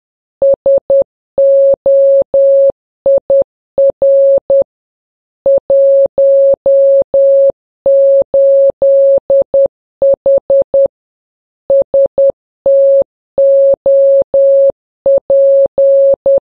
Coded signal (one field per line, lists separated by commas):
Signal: Morse code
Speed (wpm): 10 wpm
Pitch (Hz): 550 Hz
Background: none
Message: SOIR 18H STOP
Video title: Geocaching - Mystery morse code